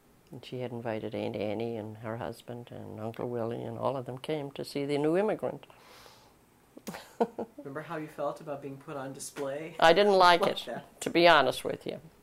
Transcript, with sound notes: and she had invited Aunt Annie and her husband and Uncle Willie and all of them came to see the new immigrant. [Laughs]
Remember how you felt about being put on display?
I didn't like it, to be honest with you.